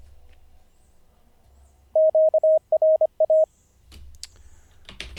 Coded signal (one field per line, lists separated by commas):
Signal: Morse code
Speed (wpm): 25 wpm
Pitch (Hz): 630 Hz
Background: none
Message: QRA